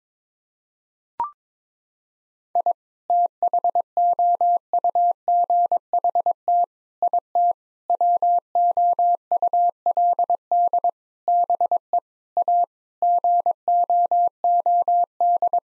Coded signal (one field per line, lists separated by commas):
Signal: Morse code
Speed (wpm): 22 wpm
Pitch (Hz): 700 Hz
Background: none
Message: I THOUGHT IT WOULD BE A GOOD